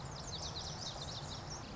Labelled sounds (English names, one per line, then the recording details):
Lazuli Bunting
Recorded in Sonoma County, California